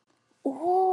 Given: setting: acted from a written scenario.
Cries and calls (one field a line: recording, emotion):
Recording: vocal sound without words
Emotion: awe